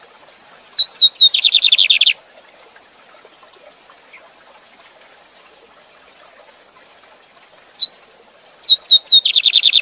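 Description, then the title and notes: Lined seedeater singing twice, each phrase opening with sharp whistled notes and ending in a quick buzzy trill, separated by a pause filled with waterfall hiss. Bird called Bigode or Bigodinho, named Gavião Negro, used as a teacher song bird for tutoring, singing live beside a waterfall. "Bigode Gavião Negro Professor De Canto Cantando Ao Vivo Com Cascata. Bigodinho"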